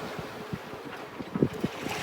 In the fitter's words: we go pin has clicked in